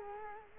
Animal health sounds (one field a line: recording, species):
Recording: mosquito wingbeat signal from an infrared sensor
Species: Culex quinquefasciatus